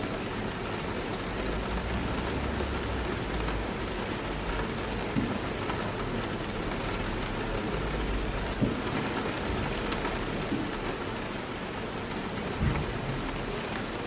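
Rain patters steadily, a dense, even hiss that holds for the whole clip. Underneath runs a low rumble and a soft murmur of voices, and a few sharp clinks stand out, near five, nine and thirteen seconds.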